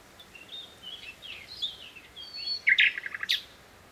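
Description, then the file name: Common nightingale song: scattered whistled and slurred notes building to a loud rapid trill of repeated notes near the end, over a steady background hiss. "Luscinia megarhynchos"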